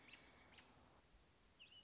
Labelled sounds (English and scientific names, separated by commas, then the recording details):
American Robin (Turdus migratorius)
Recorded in Sonoma County, California